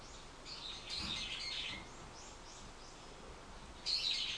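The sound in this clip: Bird giving a scratchy, high call of about a second, then a short pause and a second sharp call at the end.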